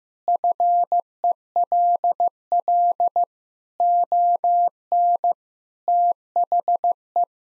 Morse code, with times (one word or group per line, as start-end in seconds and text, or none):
0.3-3.2 FELL
3.8-5.3 ON
5.9-7.2 THE